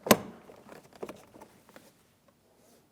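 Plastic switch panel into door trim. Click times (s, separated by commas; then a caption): 0.1 s. A plastic door switch panel on a 2007-2014 Ford Edge, part of a mirror switch replacement, is pressed back into the door trim, making sure it is secured all the way around. A sharp click at 0.1 s marks the panel seating, followed by softer taps and snaps through about 1.8 s before it goes quiet. The panel clips into place.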